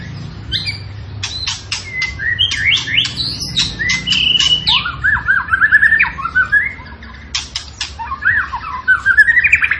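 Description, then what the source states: Tembakan bird delivering a dense song of dry chattering clicks and slurred, wavering whistles, with rapid trilled runs between bursts. Tembakan bird singing actively (gacor), used for training cage birds (masteran).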